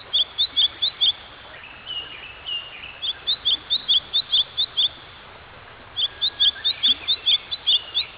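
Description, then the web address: Bird giving short, high, sharp chirps in quick bursts of several notes, with pauses between bursts, over a soft steady background hiss. "animal bird"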